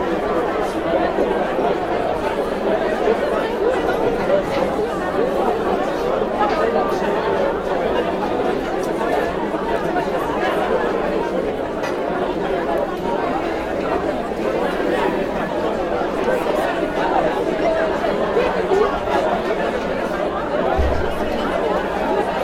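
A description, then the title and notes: A cocktail party's steady, dense babble of many overlapping voices, unbroken throughout with no single speaker standing out and a low, even hum beneath. COCKTAIL PARTY.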